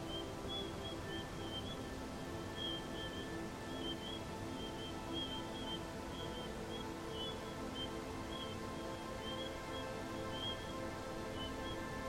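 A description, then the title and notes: Soft, serene music plays over a steady hiss like wind-blown sand, with sustained low and middle tones that hold without clear beats. A quiet, bright shimmer flickers in and out up high every second or so. Level stays even throughout. Tranquil desert sands and bilateral serene music for sleeping and relaxation.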